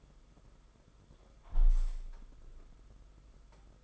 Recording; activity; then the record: daily activity, microphone in the room; close window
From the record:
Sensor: 5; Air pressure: 991.4 hPa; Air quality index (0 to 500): 107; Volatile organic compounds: 23 ppm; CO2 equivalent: 2780 ppm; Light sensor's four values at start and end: 39/126/47/51 and 39/126/47/51